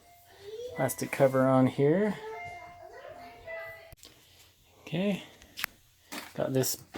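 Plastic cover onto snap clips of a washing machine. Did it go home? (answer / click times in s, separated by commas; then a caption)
yes / 5.6 s. A plastic cover is pushed back onto the small plastic snap clips inside a Maytag Bravos top-loading high-efficiency washing machine during an F51 error code fix. Someone talks, and the cover snaps into place with a sharp click at about 5.6 s, seating on the clips.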